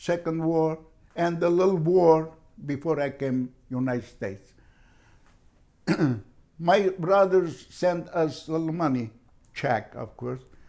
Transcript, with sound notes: War and the little war before I came United States. (clears throat) My brothers sent us a little money -- check, of course.